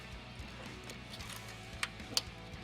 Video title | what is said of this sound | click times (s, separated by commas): Blazin' Billet Heater Hose Relocation Kit for: 2008-2009 G8 GT and GXP / 2014-2017 Chevrolet SS | you can hear it snap | 2.2 s